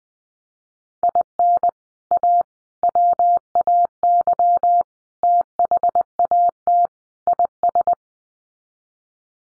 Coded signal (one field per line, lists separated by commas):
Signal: Morse code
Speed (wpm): 20 wpm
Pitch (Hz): 700 Hz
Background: none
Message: IN A WAY THAT IS